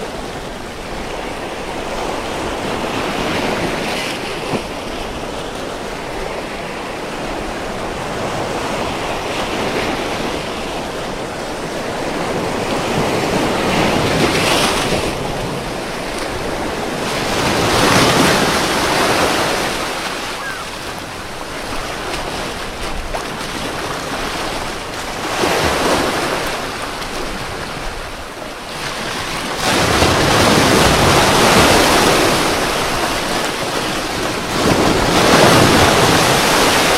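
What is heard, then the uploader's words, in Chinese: Ocean waves roll in a steady hiss, with louder surges breaking around 15, 18, 25 and 30 seconds, and wind rumbling underneath. 海浪声 白噪音。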